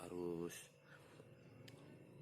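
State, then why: Seated. A toy part is pressed into the body of a toy police jeep because it was not fitted tightly enough before. Someone talks, then a sharp click is heard at 1.7 s as the part seats.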